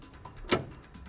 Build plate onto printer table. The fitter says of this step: line up the two holes and simply drop into place you'll hear a snap when the plate is secured